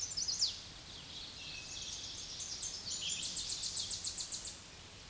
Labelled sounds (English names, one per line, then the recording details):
Tennessee Warbler song
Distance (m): 15 m
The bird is about level with the microphone
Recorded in a Pennsylvania forest on 16 May 2024 at 07:06
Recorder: AudioMoth, point MSD-2306
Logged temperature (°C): 15.6 °C
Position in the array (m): 67 m, 63 m